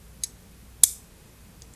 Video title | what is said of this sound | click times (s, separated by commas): Kimber-Solo 9MM micro-compact pistol | So when the barrel is in its fire position, you hear that lock? Listen to this. | 0.8 s